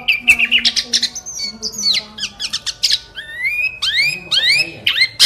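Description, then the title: Sooty-headed bulbul song: chattering notes giving way to loud, upswept whistles and harsh squawks. "Kutilang"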